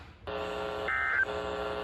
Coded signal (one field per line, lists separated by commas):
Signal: Emergency Alert System (SAME) tones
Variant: end-of-message bursts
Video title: SVR GALORE XI: LATE AUGUST ACTION... EAS Alerts from 8/29/23 (EAS #2,967 - 3,002)